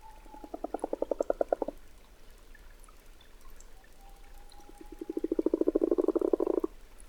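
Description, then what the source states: Common frog purring croaks in two rapid pulsed bursts, low and rattling. Described as purring; late February in Valdrôme forest, Diois, near a temporary forest pond; frogs just emerged after a cold winter; recorded with Nagra Ares BB+ and DPA6007.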